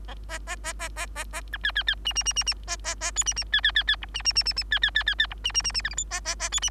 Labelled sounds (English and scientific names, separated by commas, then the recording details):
Bengalese Finch (Lonchura striata domestica) song
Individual Bird3